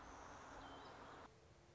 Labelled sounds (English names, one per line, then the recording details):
Song Sparrow
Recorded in Sonoma County, California